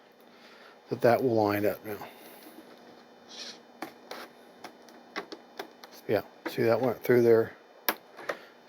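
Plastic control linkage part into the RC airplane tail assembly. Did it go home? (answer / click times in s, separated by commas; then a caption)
yes / 7.9 s. A plastic control linkage part is pushed through and into its mount in the tail assembly of a foam RC airplane. Someone talks while small taps and rubbing sounds are heard, then a sharp click at 7.9 s as the part snaps into place and seats.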